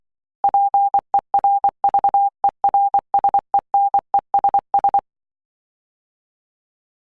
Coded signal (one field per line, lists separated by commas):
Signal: Morse code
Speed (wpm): 24 wpm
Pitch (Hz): 800 Hz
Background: none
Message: PERVERSENESS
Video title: Morse Code Practice 4 - 'V' 'L' 'F' 'P' 'J'